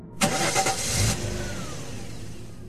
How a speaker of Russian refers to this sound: Двигатель завелся не сразу.